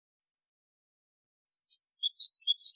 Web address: Chants Chard